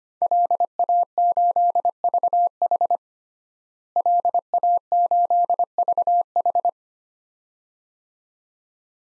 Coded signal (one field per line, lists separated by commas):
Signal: Morse code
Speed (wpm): 25 wpm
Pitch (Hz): 700 Hz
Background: none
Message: LA8VH LA8VH